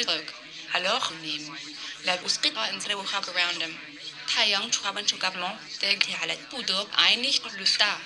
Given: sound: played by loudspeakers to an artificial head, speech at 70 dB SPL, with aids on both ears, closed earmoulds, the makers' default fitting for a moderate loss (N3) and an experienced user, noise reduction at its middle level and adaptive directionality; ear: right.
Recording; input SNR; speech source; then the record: speech test signal (ISTS) in cocktail-party noise; +9 dB; on the right (90 degrees)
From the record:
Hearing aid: class 1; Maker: B